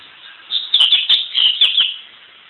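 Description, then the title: Double-collared seedeater giving a fast phrase of several clear, high, twittering notes. "Canto Coleiro"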